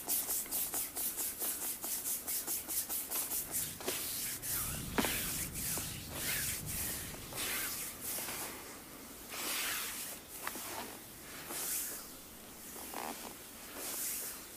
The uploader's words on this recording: ASMR Full Body Sport Massage by ….